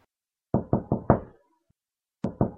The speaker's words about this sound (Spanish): ¿Quién toca la puerta? Si por aquí nadie pasa nunca.